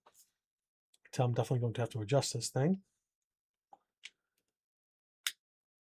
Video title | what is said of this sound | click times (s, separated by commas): Unboxing and testing the BandRain Stretchy Braided Nylon Strap for the Samsung Galaxy Watch Ultra | boom, clicked right in. | 5.3 s